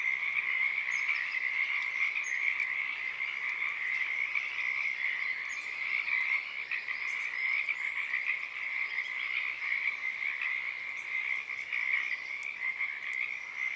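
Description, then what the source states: Pacific tree frog chorus, a dense unbroken wall of many overlapping croaking calls, steady throughout. Wild field recording, Oaks Bottom Wildlife Refuge, Portland, Oregon, USA; morning of Friday, April 7, 2023; chorus starting and stopping, uncommon at that time of day.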